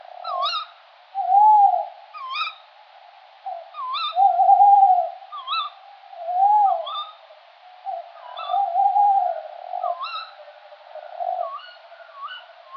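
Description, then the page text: Tawny owl hooting, low wavering notes at uneven intervals, with sharp hooked higher notes repeated between them. Adult male giving territorial advertising call elicited by playback of conspecific call, 10 p.m., 18 September 2004, artificial mixed copse of pines, oaks, ashes and cypresses by Perotto Lake, altitude 70 m. "STRIX ALUCO - TAWNY OWL - ALLOCCO. DATE/TIME: 18/september/2004 (10 p.m.) - POSITION: Perotto Lake (an artificial basin with a dam) - VOCALIZATION TYPE: advertising call (territorial)"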